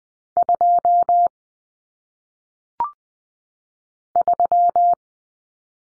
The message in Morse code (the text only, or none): 2 3